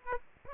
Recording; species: mosquito wingbeat signal from an infrared sensor; Aedes aegypti